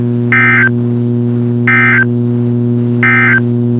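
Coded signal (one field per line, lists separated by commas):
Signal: Emergency Alert System (SAME) tones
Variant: end-of-message bursts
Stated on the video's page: Required Weekly Test broadcast on a NOAA Weather Radio station.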